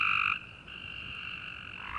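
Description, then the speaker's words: Cope's gray treefrog giving a harsh trill, loud at the start, then quieter, with a second loud trill beginning at the end. Males call, pausing one to several seconds between calls; the trill's pulse rate is slow at lower temperatures and speeds up as temperature rises. "call of the Cope's gray tree frog is a loud, harsh, rapid trill, tolerable when heard at a distance"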